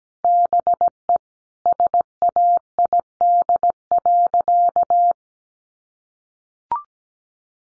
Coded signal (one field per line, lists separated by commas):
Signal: Morse code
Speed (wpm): 17 wpm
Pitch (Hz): 700 Hz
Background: none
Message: BE SAID.